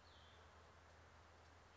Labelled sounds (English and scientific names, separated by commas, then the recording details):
Cassin's Vireo (Vireo cassinii)
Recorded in Sonoma County, California